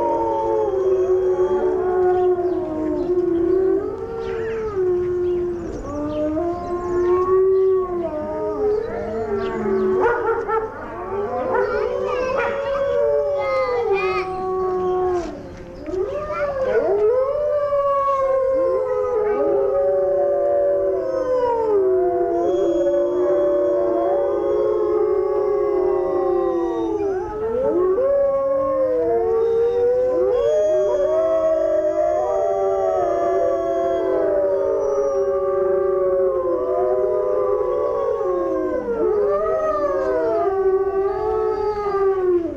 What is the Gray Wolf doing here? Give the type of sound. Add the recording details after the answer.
howling. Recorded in captivity. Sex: group. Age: adult. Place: Zoo Berlin, Berlin, DE. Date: 1984-08-18 13:37. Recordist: Tembrock, Günter